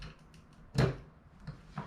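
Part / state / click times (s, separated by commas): wrist pin retaining clip into piston pin bore groove / seated / 1.8 s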